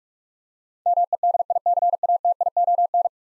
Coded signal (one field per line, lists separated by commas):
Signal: Morse code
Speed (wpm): 41 wpm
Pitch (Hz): 700 Hz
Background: none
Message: MEDICATION